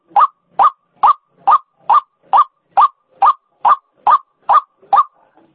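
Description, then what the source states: White-breasted waterhen call: about a dozen loud, rough croaking notes delivered at a brisk, even pace, each with a slight upward inflection. Female bird; call used as a lure sound for attracting waterhens; local name ruak-ruak.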